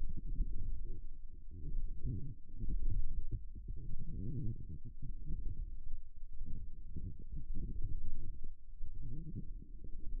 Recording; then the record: forearm muscle sounds (acoustic myography)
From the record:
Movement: forearm pronation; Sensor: system 1, eight BSWA MPA416 microphones around the upper forearm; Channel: 8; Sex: female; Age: 21 years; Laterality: right